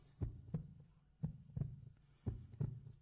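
A normal adult heartbeat: paired low-pitched lub-dub sounds repeating at about 58 beats per minute.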